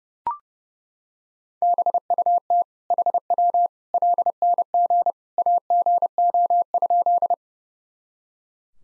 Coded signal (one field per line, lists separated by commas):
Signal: Morse code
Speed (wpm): 30 wpm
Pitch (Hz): 700 Hz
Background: none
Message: BUT HW LNG AGO?